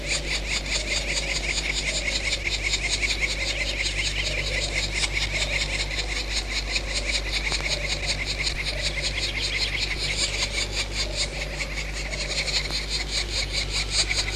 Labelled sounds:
Black Woodpecker (Dryocopus martius)

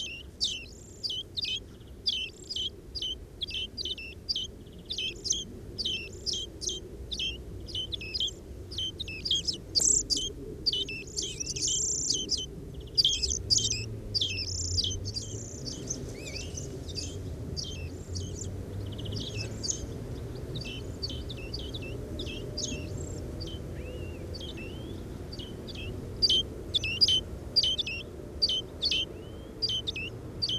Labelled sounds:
European Greenfinch (Chloris chloris) call

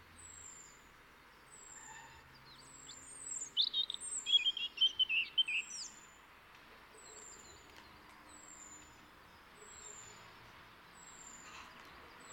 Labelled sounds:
European Robin (Erithacus rubecula) song

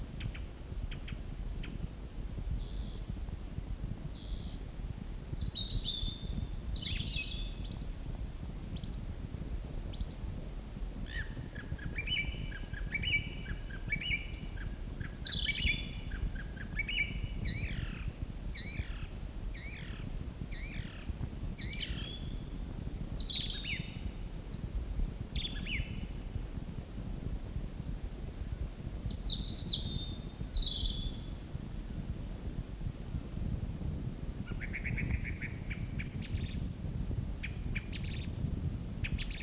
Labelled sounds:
Song Thrush (Turdus philomelos) song

